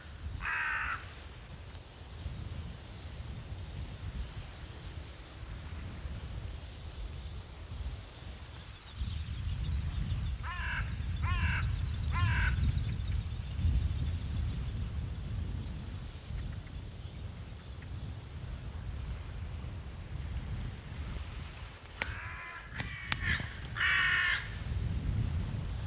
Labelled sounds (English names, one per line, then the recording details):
Hooded Crow call
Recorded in the wild
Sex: group
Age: adult
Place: Loddin, Insel Usedom, Mecklenburg-Vorpommern, DE
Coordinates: 54.0264, 14.0472
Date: 1983-09-26 17:30
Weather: fair, 15°C, light gusty winds
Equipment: Nagra SN, Sennheiser MKH 416 T, Kopie Uher 4000 Report Monitor
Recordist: Tembrock, Günter
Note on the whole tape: Diverse Rufe. Dazu Fluggeräusche von Stockenten